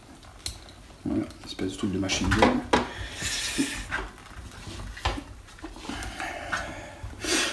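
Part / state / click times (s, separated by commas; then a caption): small plastic piece into an action figure's arm / seated / 0.5 s. A small plastic piece that fell off the arm of a Hot Toys Winter Soldier (MMS 351, Civil War) action figure is clipped back into place, with a sharp click at 0.5 s. Further handling clicks and knocks follow at about 5.1, 5.6, 6.2 and 6.5 s while someone talks. The piece is seated back on the figure's arm.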